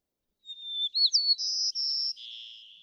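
White-crowned sparrow song: a long pure whistle, a quick rising slur, then two high buzzy notes and a lower trailing buzz.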